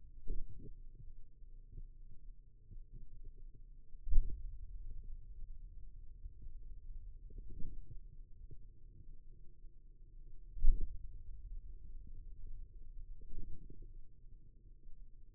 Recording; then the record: forearm muscle sounds (acoustic myography)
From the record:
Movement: hand opening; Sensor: system 2, bracelet of six BSWA MPA416 microphones around the upper forearm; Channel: 3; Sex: male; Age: 22 years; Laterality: right